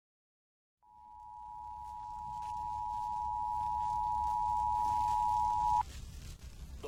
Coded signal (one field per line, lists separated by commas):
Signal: Emergency Alert System (SAME) tones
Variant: 853 and 960 Hz attention tone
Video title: EAS Broadcast: AniPhobia (Short Radio)